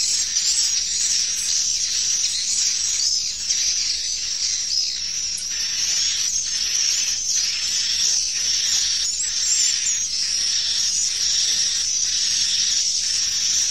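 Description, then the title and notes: Swiftlets giving a steady, shrill twittering hiss, punctuated by frequent chirp bursts. Swiftlet farming, Asia. "Swiflet Bird Sound. Farming Swiflet Bird asia sound"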